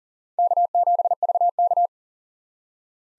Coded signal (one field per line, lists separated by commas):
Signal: Morse code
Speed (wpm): 40 wpm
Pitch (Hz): 700 Hz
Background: none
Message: K7VK